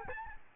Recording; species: mosquito wingbeat signal from an infrared sensor; Aedes albopictus